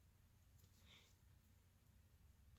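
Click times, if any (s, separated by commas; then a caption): none. A detachable microphone plug is placed in the earcup jack of a HyperX Cloud Alpha gaming headset and lined up in the slot before being pushed home. The stretch is quiet, with steady low hum and a faint soft scrape of handling around 0.8 to 1.1 seconds. Nothing has seated or clicked yet.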